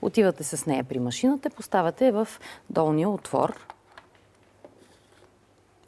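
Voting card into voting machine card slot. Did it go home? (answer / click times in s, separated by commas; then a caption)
no / none. A plastic voting card is guided into the lower slot of a voting machine while someone talks. After the talking, faint short taps and scrapes are heard around 4.0, 4.2, 4.7, 5.2 and 5.8 seconds as the card is pushed in. The card has not yet clicked into place in this clip.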